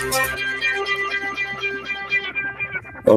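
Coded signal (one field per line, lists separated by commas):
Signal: none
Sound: musical intro notes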